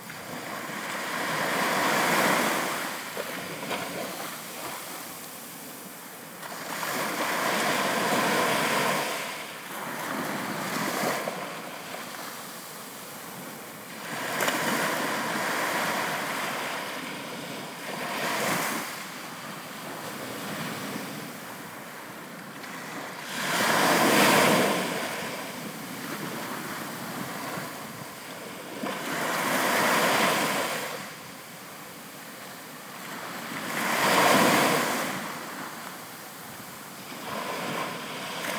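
Waves wash onto the shoreline in a steady rhythm, each one swelling into a bright, hissing rush roughly every five to six seconds before easing back. The loudest breaks land near 24 and 35 seconds. Beneath them a constant low wash of surf continues.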